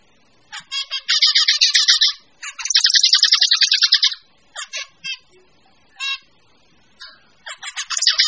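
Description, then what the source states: Birds singing in a mix, with two long fast rattling trills in the first half, then scattered short chirps and brief twittering phrases, ending in another quick burst of trilled notes. Mixed birds.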